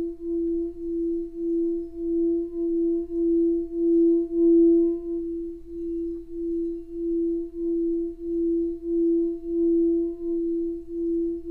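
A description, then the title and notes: A singing bowl hums with one steady, clear mid-pitched tone, pulsing in a slow, regular wobble roughly twice a second. Faint higher overtones ring above it, and a low, quiet rumble sits underneath throughout. Singing Bowl Sound Bath. Tibetan Singing Bowl Sound Healing.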